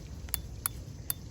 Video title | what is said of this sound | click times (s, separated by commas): Replanting Gladiolus with a Power Planter Auger - 🌸🌺👩🏻‍🌾 | until it won't click anymore and then that is in. | 0.3 s, 0.7 s, 1.1 s